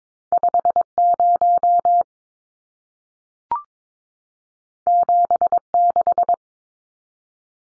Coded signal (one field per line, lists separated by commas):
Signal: Morse code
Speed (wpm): 22 wpm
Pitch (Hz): 700 Hz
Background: none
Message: 50 76